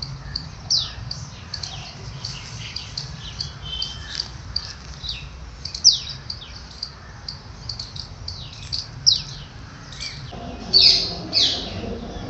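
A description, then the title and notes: Birds chirp and tweet throughout, a dense scatter of short, bright calls from several birds overlapping, with a few sharper notes near six, nine and eleven seconds. A low, steady rumble sits underneath, thickening slightly toward the end. Random collection of bird calls.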